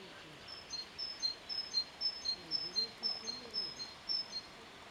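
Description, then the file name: Great tit repeating a clear high-low two-note phrase about twice a second throughout, with soft low sounds in the background. "Parus major"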